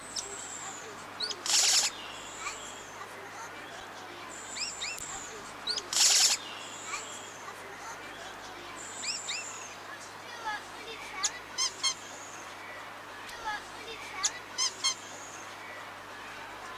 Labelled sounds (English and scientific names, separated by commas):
Amazonian Motmot (Momotus momota) call